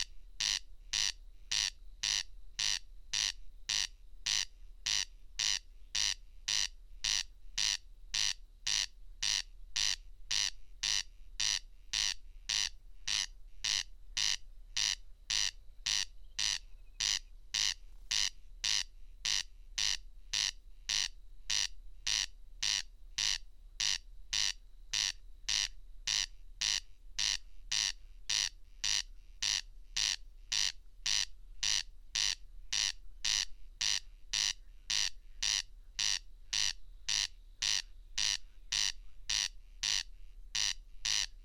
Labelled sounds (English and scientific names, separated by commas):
Corn Crake (Crex crex) song